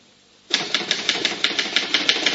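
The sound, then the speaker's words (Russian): A typewriter clatters away in a steady, quick rhythm as a page is typed from dictation, about a dozen crisp key strikes following a brief moment of silence, with no voices present. “Допечатаем эту страницу и на сегодня хватит, конечно, ладно?”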